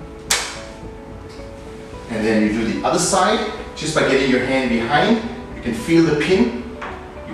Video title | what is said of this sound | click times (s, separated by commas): How to Assemble Babyhood Riya Cot- Dropside Installation Demo | So you push the one side until you get a click. | 0.3 s